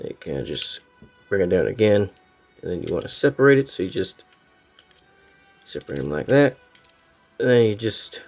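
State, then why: Not seated. Someone talks while handling a Transformers Legacy Deluxe Elita-1 toy figure, bringing its plastic leg sections down and separating them, with a couple of faint ticks near 4.8 and 4.9 s. The leg part has not yet clicked into its slot by the end of the clip.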